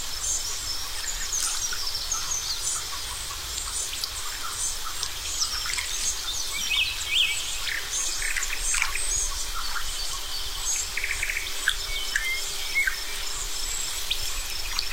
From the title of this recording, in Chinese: 清晨，湖边听雨